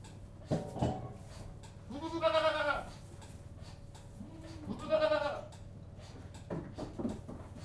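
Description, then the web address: Goat bleats, two long wavering cries a few seconds apart, with shuffling, thumps and low rumble of an indoor animal shed before and after them. Atmosphere inside a goat house. "BBC Sound Effects Library. General Atmosphere In Goat-House"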